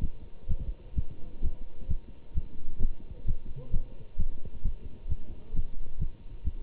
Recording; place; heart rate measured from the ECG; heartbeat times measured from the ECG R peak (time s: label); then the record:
heart sounds by stethoscope; between the tricuspid and mitral areas; 131 bpm
0.01 s: heartbeat
0.47 s: heartbeat
0.95 s: heartbeat
1.41 s: heartbeat
1.87 s: heartbeat
2.34 s: heartbeat
2.80 s: heartbeat
3.25 s: heartbeat
3.71 s: heartbeat
4.17 s: heartbeat
4.63 s: heartbeat
5.08 s: heartbeat
5.53 s: heartbeat
5.98 s: heartbeat
6.44 s: heartbeat
From the record:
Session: Bruce protocol treadmill stress test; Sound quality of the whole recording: good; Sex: male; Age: 25 years